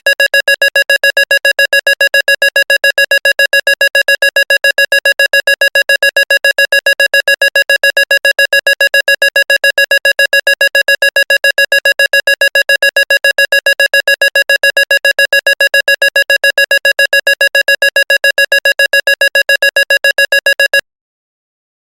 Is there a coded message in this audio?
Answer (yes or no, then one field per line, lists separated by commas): no